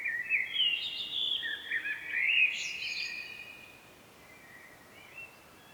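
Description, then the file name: Common blackbird song, one fluty warbled phrase with a high squeaky flourish, fading to quiet, with a faint note near the end. "Turdus merula"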